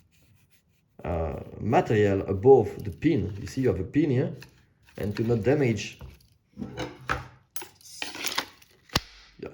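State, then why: Seated. Someone talks, then a removable part of a Bolte Gemini Cavalry II folding knife in A8 steel, made of steel with a pin and a piece of protective material above the pin, is pushed into the knife body. A few small handling taps lead up to a sharp click at 9.0 s. The part is well seated with no play.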